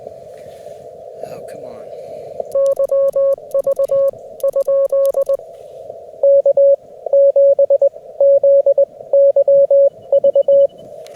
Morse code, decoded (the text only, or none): YV? K7ZYV